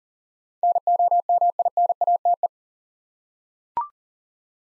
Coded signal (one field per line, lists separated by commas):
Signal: Morse code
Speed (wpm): 40 wpm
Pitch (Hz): 700 Hz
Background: none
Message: NOMINATE